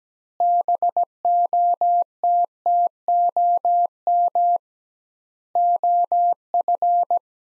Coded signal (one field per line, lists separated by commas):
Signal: Morse code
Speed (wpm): 17 wpm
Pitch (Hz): 700 Hz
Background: none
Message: BOTTOM OF